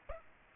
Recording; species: mosquito wingbeat signal from an infrared sensor; Aedes aegypti